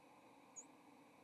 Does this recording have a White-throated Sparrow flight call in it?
no